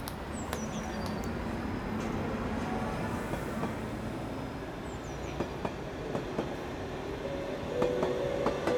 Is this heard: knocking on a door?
no